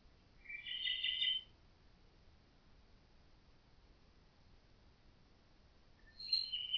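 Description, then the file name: Common nightingale singing two brief, rich, rasping phrases separated by several seconds of quiet. "Nachtigall"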